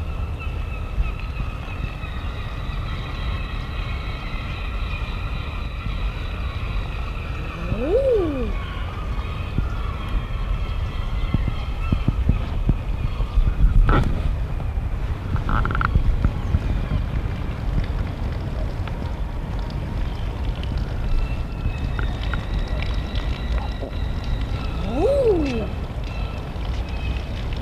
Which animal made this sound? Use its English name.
Common Eider